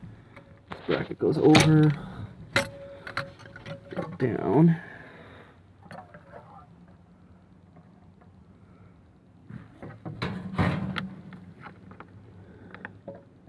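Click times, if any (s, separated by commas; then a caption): none. Someone talks while working a house battery wiring part on a motorhome toward locking it into its mount, with scattered handling knocks and sharp taps, the loudest near 2.6 s and others around 3.2 s, 10.2 s and 11.0 s. The clip ends before the part goes home, and nothing has seated or clicked yet.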